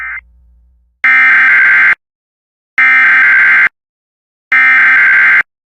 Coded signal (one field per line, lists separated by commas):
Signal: Emergency Alert System (SAME) tones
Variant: header bursts